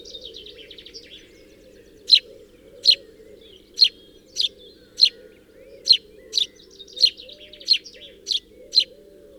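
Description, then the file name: House sparrow calls: after about two seconds, a series of sharp chirps, with light twitter and a low continuous sound behind. "Passer domesticus"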